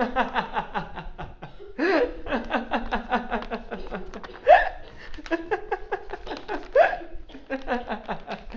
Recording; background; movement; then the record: laughter; a bystander coughing; walking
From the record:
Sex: male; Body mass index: 21.0 kg/m2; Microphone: on the chest, facing outward